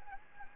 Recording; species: mosquito wingbeat signal from an infrared sensor; Anopheles gambiae